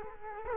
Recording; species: mosquito wingbeat signal from an infrared sensor; Culex quinquefasciatus